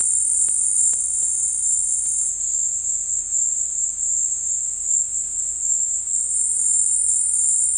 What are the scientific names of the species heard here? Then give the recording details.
none. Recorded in dense forest near Puerto Asís, Putumayo, Colombia, on 20 February 2024 at 15:00. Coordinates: 0.484, -76.317. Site G6464